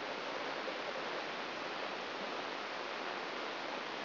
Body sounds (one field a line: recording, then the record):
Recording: brain microelectrode recording played as sound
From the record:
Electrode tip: outside the subthalamic nucleus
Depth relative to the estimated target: 5 mm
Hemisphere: right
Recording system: AlphaMap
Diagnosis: Parkinson's disease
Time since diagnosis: 11 years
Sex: male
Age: 66 years